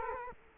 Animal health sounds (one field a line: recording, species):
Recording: mosquito wingbeat signal from an infrared sensor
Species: Culex quinquefasciatus